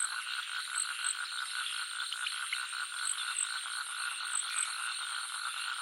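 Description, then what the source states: Frog chorus of rapid pulsed trills running continuously, mixed with thick insect buzzing and scattered high metallic ticks. Jungle nature soundscape with frogs and crickets.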